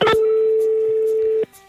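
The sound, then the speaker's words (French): A telephone line sounds a single steady, mid-pitched tone that holds evenly for over a second after a brief click, then cuts off abruptly into quiet, as a number is dialed to call La Passerelle in Fleury-les-Aubrais. “Ça numérote.”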